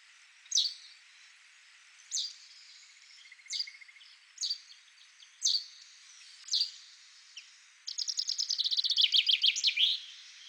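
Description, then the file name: Common chaffinch giving sharp, separate chirp notes at irregular intervals, then a fast, bright trill that ends in a brief flourish. "Fringilla coelebs"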